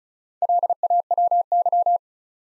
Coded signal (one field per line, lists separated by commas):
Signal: Morse code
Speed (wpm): 36 wpm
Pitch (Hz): 700 Hz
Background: none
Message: LAWY